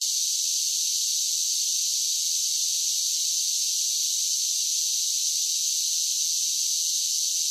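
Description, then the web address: Cicadas droning in one long, level, high-pitched buzz with nothing else audible. "Blast Wave Update 1 Cicadas Sing"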